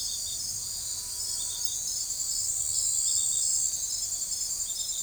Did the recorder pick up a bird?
no